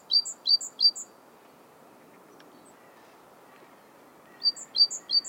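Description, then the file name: Great tit song: bright, high two-note phrases repeated quickly, three at the start and three more after a quiet gap of several seconds. "Parus major"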